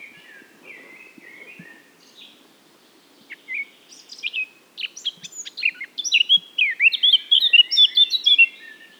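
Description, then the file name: Eurasian blackcap singing, a low scratchy warble opening the phrase, then a bright, rapid run of clear fluty whistles rising in volume toward the end. "Sylvia atricapilla"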